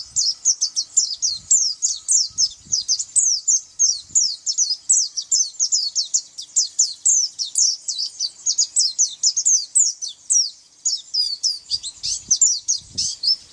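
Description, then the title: White-eye giving a long, fast, almost unbroken stream of high, sharp chirps and twitters, with occasional soft low knocks. "Pleci"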